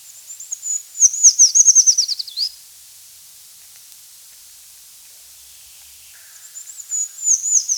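Eurasian treecreeper song: a high, thin descending trill of rapid notes ending in a quick upward flourish, then silence before the next phrase begins.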